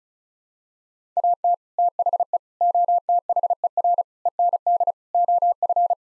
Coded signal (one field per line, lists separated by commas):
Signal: Morse code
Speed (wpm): 34 wpm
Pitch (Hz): 700 Hz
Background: none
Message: AT THE OTHER END OF